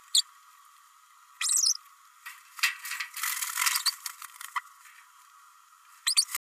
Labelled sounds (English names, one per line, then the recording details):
Green-rumped Parrotlet babbling
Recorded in a nest box in Venezuela
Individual 18B104A3